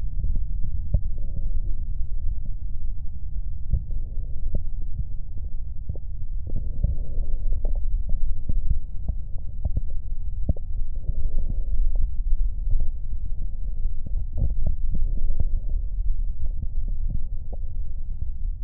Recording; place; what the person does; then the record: lung sounds by stethoscope; left posterior basal chest; quiet breathing, then deep breathing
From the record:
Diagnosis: COPD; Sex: male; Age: 69 years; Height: 162 cm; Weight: 124.8 kg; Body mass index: 47.6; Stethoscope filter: extended mode